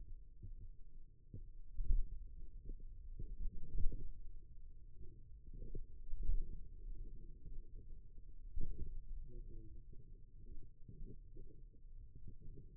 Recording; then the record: forearm muscle sounds (acoustic myography)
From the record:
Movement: pen grasping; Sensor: system 2, bracelet of six BSWA MPA416 microphones around the upper forearm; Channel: 3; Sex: male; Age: 22 years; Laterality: right